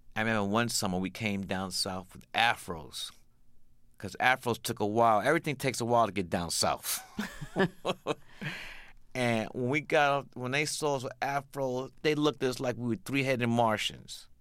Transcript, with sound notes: I remember one summer, we came down south with afros because afros took a while - everything takes a while to get down south. (LAUGHTER) And when we got off - when they saw us with afros, they looked at us like we were three-headed Martians.